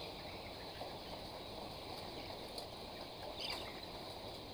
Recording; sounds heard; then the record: poultry house recording; healthy chickens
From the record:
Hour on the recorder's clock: 19